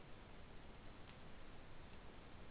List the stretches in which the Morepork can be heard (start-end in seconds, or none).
none